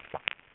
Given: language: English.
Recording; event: throat vibration sensor signal played as sound; swallow